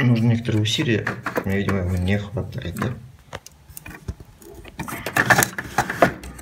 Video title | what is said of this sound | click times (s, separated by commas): Неожиданное приобретение на Avito для Mac Pro 3.1 | ребят, все. Razer встал на место. | 5.4 s